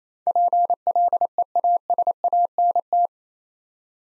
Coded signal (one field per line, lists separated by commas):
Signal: Morse code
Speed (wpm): 27 wpm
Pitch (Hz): 700 Hz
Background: none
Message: PLEASANT